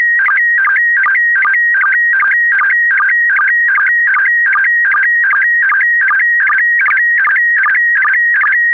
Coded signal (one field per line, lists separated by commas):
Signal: SSTV (slow-scan television)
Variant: PD 50